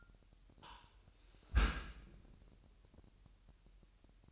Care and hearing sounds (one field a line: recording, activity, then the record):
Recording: daily activity, microphone in the room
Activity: close dishwasher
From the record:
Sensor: 2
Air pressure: 998.2 hPa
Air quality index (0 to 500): 147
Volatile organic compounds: 4 ppm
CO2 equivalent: 1666 ppm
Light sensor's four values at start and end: 10/30/12/12 and 10/30/12/12